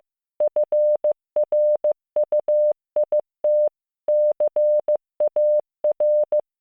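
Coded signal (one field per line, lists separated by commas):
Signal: Morse code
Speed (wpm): 15 wpm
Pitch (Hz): 600 Hz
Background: none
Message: FRUIT CAR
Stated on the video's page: Morse code listening practice of English words learned in first year of junior high school, generated with LearningMorse CW training software.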